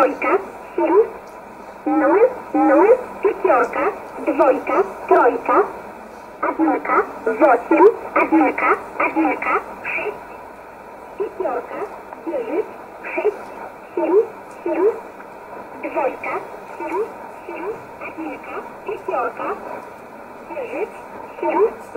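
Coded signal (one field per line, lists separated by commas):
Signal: numbers station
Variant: S11a Cherta, Russian voice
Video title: 25 06 2020 S11a Cherta Numbers station in Russian 0709 on 9339 unknown tx site in USB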